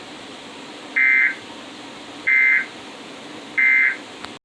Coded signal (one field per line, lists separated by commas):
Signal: Emergency Alert System (SAME) tones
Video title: Tornado Warning on NJPBS (EAS #49)